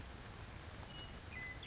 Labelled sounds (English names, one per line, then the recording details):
Western Meadowlark
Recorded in Sonoma County, California